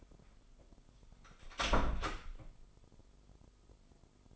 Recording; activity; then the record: daily activity, microphone in the room; close door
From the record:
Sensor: 5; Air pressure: 996.3 hPa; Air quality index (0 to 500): 33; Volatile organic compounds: 1 ppm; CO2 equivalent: 574 ppm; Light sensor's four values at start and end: 43/101/42/44 and 43/101/42/44